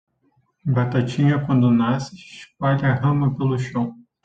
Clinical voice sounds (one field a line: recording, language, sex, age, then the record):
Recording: short text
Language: Brazilian Portuguese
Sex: male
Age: 30 to 39 years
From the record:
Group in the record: control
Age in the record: 35 years